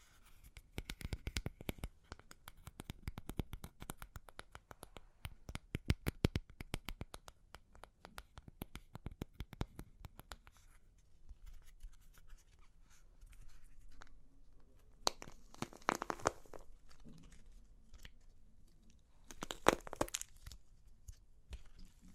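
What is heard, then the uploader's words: Crunchy clay cracks and crumbles in a dense run of sharp snaps and crackles for the first ten seconds. After that it thins to scattered softer crunches and rustles, with two brief bursts of grinding crackle around fifteen and twenty seconds. Super Crunchy Clay Cracking (No Talking).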